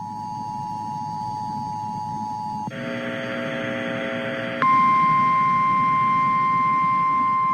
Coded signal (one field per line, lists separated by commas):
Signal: Emergency Alert System (SAME) tones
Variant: 853 and 960 Hz attention tone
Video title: (EAS) 2 Winter Storm Warnings [EAS #151-152]